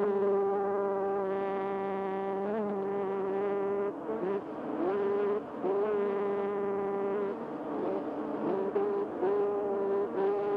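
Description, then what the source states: Bee: insect buzzing, a sustained harmonic drone with short pitch bends and a few momentary drops in loudness. Recorded 28 May 2005.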